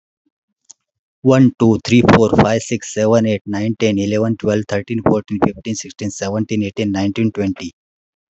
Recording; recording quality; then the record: counting at a fast pace; excellent, no background noise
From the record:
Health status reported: COVID-19 positive, no symptoms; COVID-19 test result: positive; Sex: male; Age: 44 years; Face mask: worn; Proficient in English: no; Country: India